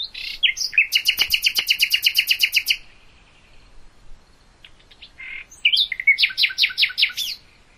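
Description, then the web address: Common nightingale song: a loud, rapid rattling series of repeated notes for two seconds, a pause with faint sounds, then another fast repeated phrase. "hoeren nachtigall"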